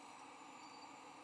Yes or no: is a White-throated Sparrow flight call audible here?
no